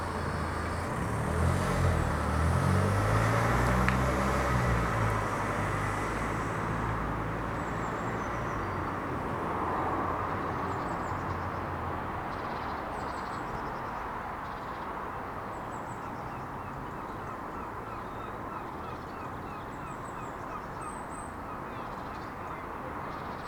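A quiet suburb early in the morning: a car passes in the first seven seconds, then steady hum with faint high birdsong chirps.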